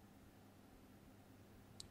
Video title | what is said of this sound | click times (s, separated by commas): Key replacement on Apple Macbook 2017 Pro with Touch Bar 15" | click in place and | 1.8 s